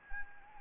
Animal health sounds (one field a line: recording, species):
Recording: mosquito wingbeat signal from an infrared sensor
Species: Anopheles gambiae